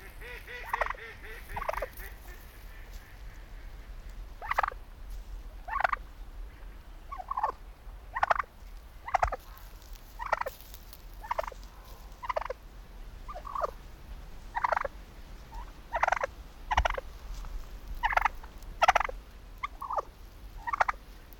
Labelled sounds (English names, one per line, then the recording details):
Wild Turkey
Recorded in captivity
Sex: male
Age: adult
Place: Timmendorfer Strand, Holsteinische Schweiz, Schleswig-Holstein, DE
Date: 1992-09-21 13:26
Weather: sonnig, 22°C
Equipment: Marantz CP 430, Sennheiser ME 80, Kopie Tesla B 116
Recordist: Tembrock, Günter